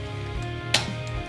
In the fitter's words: sure that snaps in place so that's also in place turn